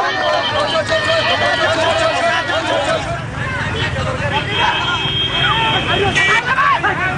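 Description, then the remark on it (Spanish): A crowd at a judo school on the outskirts of Bhubaneswar cheers and shouts to welcome an arriving runner, a loud, steady wash of overlapping voices, with a brief dip midway before the excited clamor swells again. “Llega a la escuela de judo en las afueras de Bhubaneswar y todos lo aclaman.”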